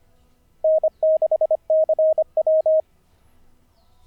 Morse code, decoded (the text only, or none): N6CW